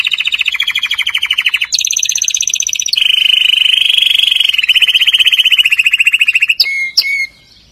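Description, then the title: Atlantic canary song made of long continuous rolled trills that jump between pitch levels, closing with two quick sharp notes. "Kenari"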